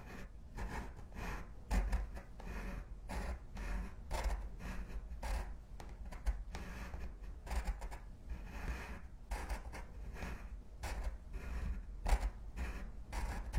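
Pencil and pen writing on paper, a steady run of short scratchy strokes repeating every half second or so over a low rumble.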